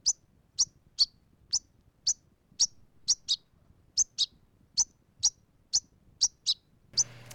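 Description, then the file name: European goldfinch giving short, high chirping notes repeated about twice a second in a steady series, with a brief burst of noise at the very end. "tengelic"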